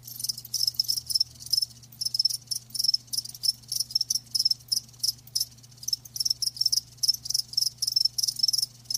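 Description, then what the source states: Cricket chorus of rapid high chirps in short bursts several times a second, continuous throughout, over a faint low hum. Live crickets chirping with a lulling song.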